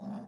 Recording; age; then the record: pig call; piglet (1 to 25 days)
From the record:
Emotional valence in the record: negative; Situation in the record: long isolation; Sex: male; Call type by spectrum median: low-frequency call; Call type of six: low-frequency modulated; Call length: 0.28 s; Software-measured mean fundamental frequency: 51 Hz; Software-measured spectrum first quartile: 203 Hz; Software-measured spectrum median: 267 Hz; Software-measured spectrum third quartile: 664 Hz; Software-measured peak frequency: 211 Hz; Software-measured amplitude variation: 104 dB a second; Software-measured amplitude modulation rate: 19.8 a second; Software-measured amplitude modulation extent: 5.2 dB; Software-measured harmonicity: 6.4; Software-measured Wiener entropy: -0.66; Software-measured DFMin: 834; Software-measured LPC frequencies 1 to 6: 731, 2744, 3595, 4778, 5275, 6236 Hz